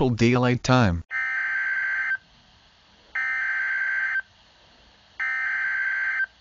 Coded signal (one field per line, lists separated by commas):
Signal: Emergency Alert System (SAME) tones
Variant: header bursts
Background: speech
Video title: EAS Scenario